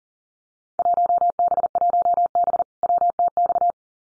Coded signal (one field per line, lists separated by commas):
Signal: Morse code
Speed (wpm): 40 wpm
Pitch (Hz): 700 Hz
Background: none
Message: 1B1B WTX